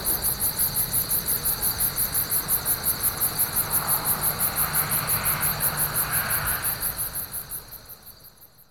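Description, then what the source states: Crickets chirping, steady rapid high pulses with a mid-range whooshing swell around five to six seconds, then the chorus fades away at the end. Many crickets, outdoors.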